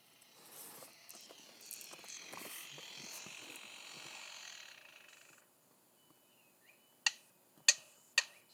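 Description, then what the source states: Lyrebird mimicking a power tool: a long, harsh, grinding rasp for about five seconds, followed by silence and three sharp clicks. Lyrebird mimicking a power tool, a grinder saw; lyrebirds mimic anything they hear.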